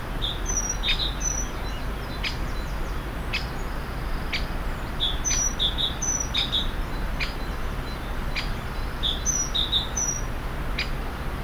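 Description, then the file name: Great tit calls: short, high, thin notes in small clusters, repeated at irregular intervals over steady low rumbling noise with scattered soft clicks. "Parus major"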